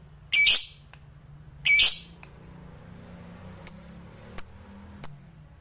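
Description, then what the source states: Lovebird giving two harsh, loud squawks, followed by several short, sharp high chirps. Fighter-type lovebird singing energetically (gacor).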